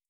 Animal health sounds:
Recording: hydrophone in a shrimp aquaculture tank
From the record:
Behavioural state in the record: starved

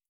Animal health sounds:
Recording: hydrophone in a shrimp aquaculture tank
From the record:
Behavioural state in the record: stressed

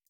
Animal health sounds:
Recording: hydrophone in a shrimp aquaculture tank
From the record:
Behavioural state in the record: feeding

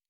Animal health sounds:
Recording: hydrophone in a shrimp aquaculture tank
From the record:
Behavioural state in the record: normal

